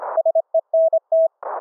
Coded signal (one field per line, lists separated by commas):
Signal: Morse code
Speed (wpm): 25 wpm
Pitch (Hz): 650 Hz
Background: none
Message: SENT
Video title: REMOTE RIG "audio OVER ip" FULL DUPLEX audio streaming - demo of VOICE and CW - remote laptop to RIG